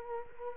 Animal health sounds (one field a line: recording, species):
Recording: mosquito wingbeat signal from an infrared sensor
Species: Culex quinquefasciatus